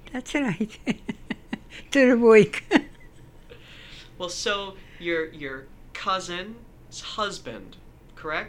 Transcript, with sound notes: That's alright. Till work. (Laughs)
Well so, your- your cousin's husband, correct?